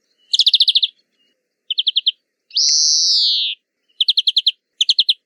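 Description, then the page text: European greenfinch song with short rippling trills of four to eight notes and a single long, wheezy buzzing note in the middle. Recorded during a 2021 urban-nature bioblitz walk along the banks of the Adige river in Verona, monitoring biodiversity. "Verdone. una passeggiata e dei bioblitz lungo le rive dell’Adige"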